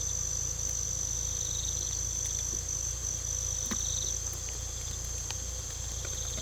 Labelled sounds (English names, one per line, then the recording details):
none
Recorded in pastures near Puerto Asís, Putumayo, Colombia, on 18 December 2024 at 01:00
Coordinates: 0.486, -76.323
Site GP01